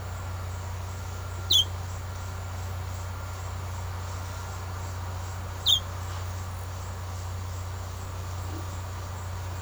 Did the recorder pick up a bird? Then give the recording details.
yes. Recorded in secondary vegetation near Puerto Asís, Putumayo, Colombia, on 24 March 2025 at 15:00. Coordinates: 0.468, -76.324. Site G059